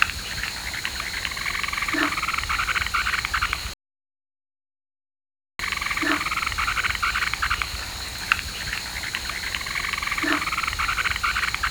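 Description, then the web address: Frogs calling in a dense chorus of rapid, rattling pulses, with a few brief lower notes, interrupted by a silent gap of about two seconds. "Frogs World"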